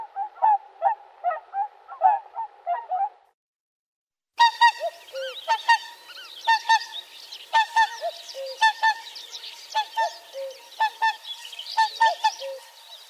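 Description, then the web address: Whooper swans giving honking, trumpeting calls: a quick run of notes, then after a short gap a denser series of overlapping calls. "Uzbek hayvonlar Cygnus cygnus"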